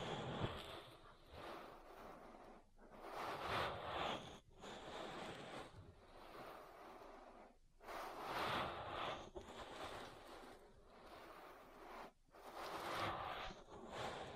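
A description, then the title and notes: An ASMR ear massage: soft rubbing and brushing sounds that swell and fade like gusts of air, with a muffled low rumble underneath. Brief pauses break the rubbing about every two to four seconds before it surges back. ASMR Relaxing Ear Massage. (No Talking).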